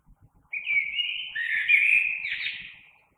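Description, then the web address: Common blackbird song: one sustained fluty, warbling phrase lasting about two and a half seconds, with faint low rumble beneath. Recorded on 3 March 2020. "oiseaux Merle 2020 03 03"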